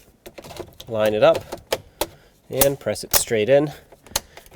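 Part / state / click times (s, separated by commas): wiring plug into dash switch / seated / 4.2 s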